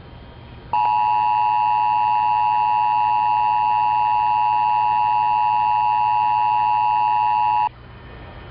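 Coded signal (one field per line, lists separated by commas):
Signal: Emergency Alert System (SAME) tones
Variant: 853 and 960 Hz attention tone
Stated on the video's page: AMBER Child Abduction Emergency EAS alert issued for all of Virginia.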